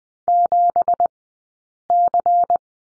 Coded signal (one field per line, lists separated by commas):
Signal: Morse code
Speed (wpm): 20 wpm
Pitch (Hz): 700 Hz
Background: none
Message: 7C